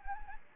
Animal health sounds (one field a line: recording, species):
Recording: mosquito wingbeat signal from an infrared sensor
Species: Anopheles gambiae